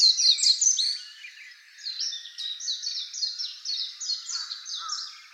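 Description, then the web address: Warbling white-eye song: loud twittering opening, then a quieter run of regular high chirped notes, several per second. Recorded on 31 March 2015. "birdenaga mejiro"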